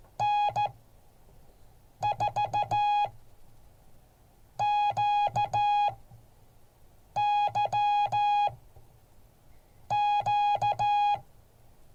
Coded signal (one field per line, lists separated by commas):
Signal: Morse code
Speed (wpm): 14 wpm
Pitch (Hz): 830 Hz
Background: music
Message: N4QYQ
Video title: Morse code class 2023-02-01